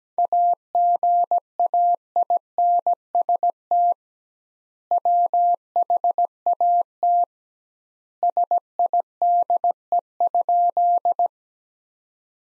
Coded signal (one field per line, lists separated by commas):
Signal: Morse code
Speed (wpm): 17 wpm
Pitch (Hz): 700 Hz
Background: none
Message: AGAINST WHAT SIDE?